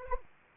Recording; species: mosquito wingbeat signal from an infrared sensor; Anopheles arabiensis